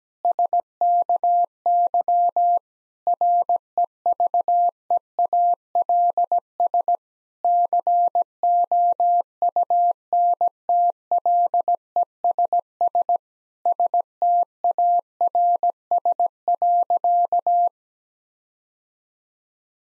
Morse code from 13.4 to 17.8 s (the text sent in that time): STARS.